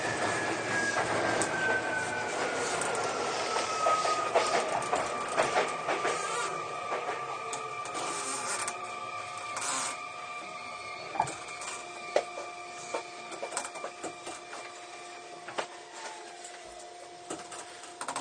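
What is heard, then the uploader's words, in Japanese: Interior of an electric commuter train running between stations. A motor whine slides downward in pitch over the first several seconds, then settles into steady tones with a muffled rumble underneath, while sharp clicks and rail knocks come irregularly, more often toward the end. 相鉄20000系 横浜ー湘南台。快速に乗車し、録音。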